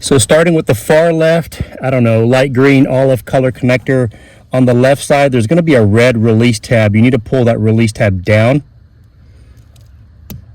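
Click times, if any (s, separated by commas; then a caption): 10.3 s. A man talks while working on the far-left light green/olive wiring connector behind the radio module of a 2021 Chevy Silverado. He pulls the red plastic release tab on its left side down so the connector can be removed. After the talking stops, the tab releases with a sharp click at 10.3 s.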